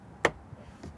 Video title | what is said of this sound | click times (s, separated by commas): How to Replace Audi A3, S3 Front Dash Air Vent Grilles | down like this and then push from the top and you'll hear a click | 0.2 s